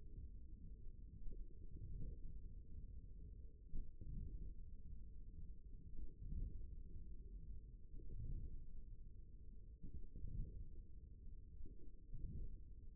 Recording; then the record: forearm muscle sounds (acoustic myography)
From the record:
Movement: hook grip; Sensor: system 1, eight BSWA MPA416 microphones around the upper forearm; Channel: 2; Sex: male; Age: 54 years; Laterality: right